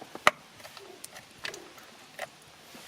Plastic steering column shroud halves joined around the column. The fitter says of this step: I'm just snapping this these two halves back together